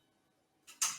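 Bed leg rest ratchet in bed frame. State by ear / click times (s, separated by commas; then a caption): seated / 0.8 s. The leg section of a bed's leg rest is lowered further, and the ratchet in the bed frame clicks into the next notch at 0.8 s, seating it there. After near silence, a soft broadband rustle rises around 0.7 s before the loud bright click, followed by a brief sharp tick at about 1.1 s.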